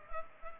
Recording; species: mosquito wingbeat signal from an infrared sensor; Culex pipiens